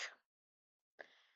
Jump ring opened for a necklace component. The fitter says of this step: so we have our 6 mm jump ring and we're just going to open it we'll hear that little click